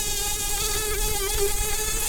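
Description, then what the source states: Brown-banded carder bee buzzing, a steady continuous drone with rich harmonics and slight wavering in pitch, holding throughout. Queens.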